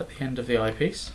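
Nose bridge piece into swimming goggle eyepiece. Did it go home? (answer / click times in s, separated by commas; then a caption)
no / none. Someone talks while a plastic nose bridge piece is handled at the end of a plastic eyepiece of a View V-500a swimming goggle, ready to be pushed on so it clicks into place. Nothing has seated or clicked yet in this clip.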